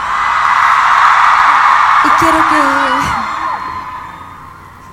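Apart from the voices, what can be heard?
protest crowd shouting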